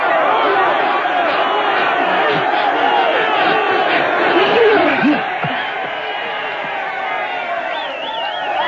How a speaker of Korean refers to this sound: 환호하는 관중들.